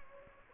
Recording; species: mosquito wingbeat signal from an infrared sensor; Anopheles gambiae